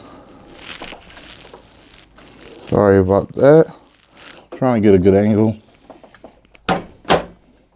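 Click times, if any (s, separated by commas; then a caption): 6.7 s, 7.1 s. An embroidery cap hoop clamp is latched and locked onto the cap frame of a Brother BabyLock Alliance embroidery machine. Someone talks, then two strong, sharp hits ring out at 6.7 s and 7.1 s as the clamp latches home and the cap hoop is seated.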